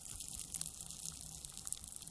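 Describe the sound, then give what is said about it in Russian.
Water soaking into a sponge: a soft, steady wet fizzing and crackling hiss with faint irregular pops, quiet and continuous for about two seconds, with no voices. “Сейчас вы услышите, как вода впитывается.”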